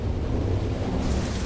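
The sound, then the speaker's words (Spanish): A steady, dense wash of falling rain over a deep, continuous rolling rumble of thunder, with no voices and an even loudness throughout. “Mientras las tormentas retumbaban en el cielo, la lluvia comenzó a caer en la rocosa superficie.”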